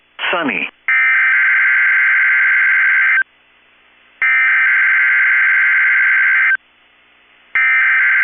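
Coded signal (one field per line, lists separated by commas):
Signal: Emergency Alert System (SAME) tones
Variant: header bursts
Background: speech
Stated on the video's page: Required Weekly Test from NOAA Weather Radio station KEC65.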